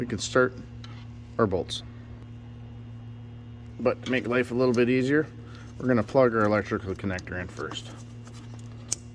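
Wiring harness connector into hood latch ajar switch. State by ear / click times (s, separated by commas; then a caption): seated / 8.9 s. On a 2015–2020 Ford F-150, a wiring harness connector is plugged into the hood latch ajar switch before the latch is bolted down, as part of fixing a hood ajar light that won't shut off and an alarm that goes off. Someone talks, then a sharp, short click is heard at 8.9 s as the connector seats.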